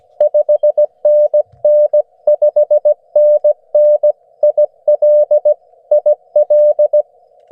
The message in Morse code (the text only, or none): 5NN 5NN IL IL